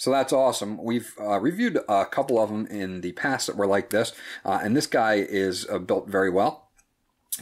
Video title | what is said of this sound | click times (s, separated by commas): Vtin Bluetooth 4.1 Magnetic Headphones Review | has a good strong magnetic clip to it so you get that nice click | 7.3 s